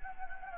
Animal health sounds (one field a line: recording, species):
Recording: mosquito wingbeat signal from an infrared sensor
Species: Anopheles gambiae